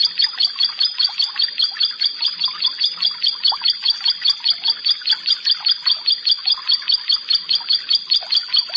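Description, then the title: Prinia song: high, clipped double notes repeated evenly, about two and a half per second, throughout. "Ciblek Sawah 1"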